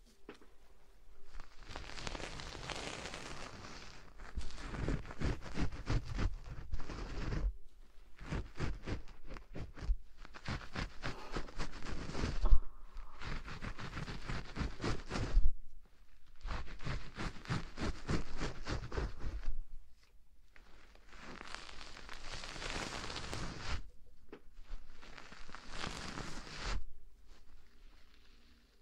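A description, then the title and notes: Breathy ear blowing comes in long airy bursts, each lasting a few seconds, with short quiet gaps between them. Some bursts break into rapid fluttering puffs, and a soft hiss fills the pauses. The level stays fairly even throughout. ASMR Ear blowing.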